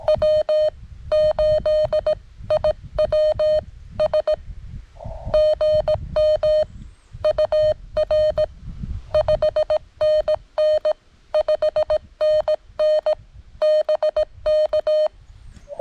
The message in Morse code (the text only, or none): W8IWS GM UR 5NN 5NN BK